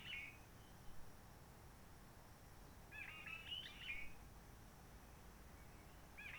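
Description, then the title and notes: Réunion bulbul song: a phrase ending at the start, one full warbled phrase midway, and another beginning at the close, with steady background hiss. Roche Merveilleuse, Réunion; forest quiet since the 19 March 2020 lockdown, no hikers, microlights or helicopters; sunny blue sky; birds not very active; song simpler, short phrases, adapted to past aircraft noise. "Roche Merveilleuse, Réunion - Merle de lîle de la Réunion. depuis le 19 mars 2020 c'est calme même quand il fait beau"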